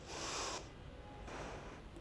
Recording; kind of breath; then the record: one breath in and out by a microphone near the nose and mouth; deep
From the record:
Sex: female